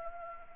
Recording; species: mosquito wingbeat signal from an infrared sensor; Anopheles gambiae